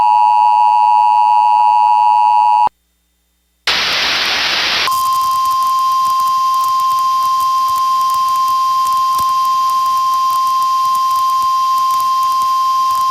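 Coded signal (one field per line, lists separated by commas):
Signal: Emergency Alert System (SAME) tones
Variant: 853 and 960 Hz attention tone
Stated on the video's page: Fictional mock alert for a destructive severe thunderstorm, shown on a cable headend using a custom DASDEC-II screen.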